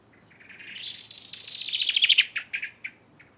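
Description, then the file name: Common blackbird calling: a thin note building into a quick rattling series, then a few separate sharp chattering notes that trail off. "Turdus merula"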